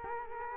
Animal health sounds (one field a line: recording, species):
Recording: mosquito wingbeat signal from an infrared sensor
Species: Culex quinquefasciatus